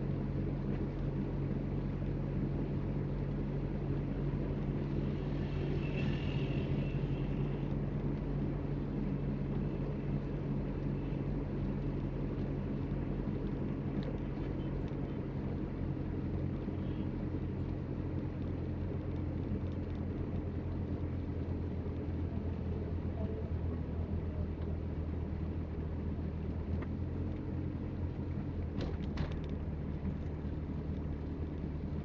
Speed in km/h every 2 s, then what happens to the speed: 31, 31, 31, 31, 31, 30, 29, 29, 28, 27, 26, 26, 26, 24, 25, 24.
0-32 steady at about 28.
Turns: none.